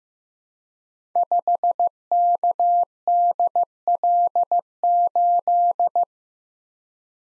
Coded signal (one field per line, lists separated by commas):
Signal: Morse code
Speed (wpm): 15 wpm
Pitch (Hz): 700 Hz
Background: none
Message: 5KDL8